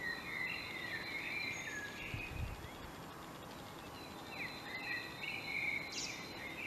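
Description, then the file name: Common blackbird song: two warbling, whistled phrases, each ending in higher notes, with a pause between them over a hissing background. "Turdus merula"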